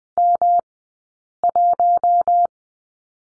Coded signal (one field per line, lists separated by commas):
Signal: Morse code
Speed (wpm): 20 wpm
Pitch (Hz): 700 Hz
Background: none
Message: M1